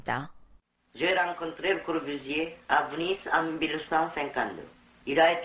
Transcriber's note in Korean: 녹취: 다큐멘터리 영상 현장음